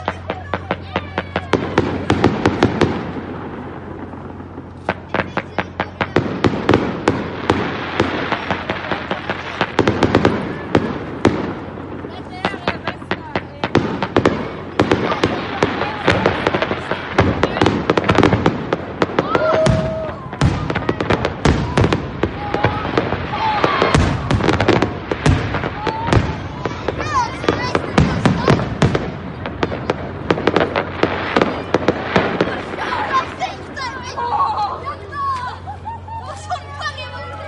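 Fireworks go off in dense, rapid bursts of sharp cracks and pops, nearly continuous for the whole stretch with a brief lull near five seconds. Voices murmur underneath, and a low steady hum runs throughout.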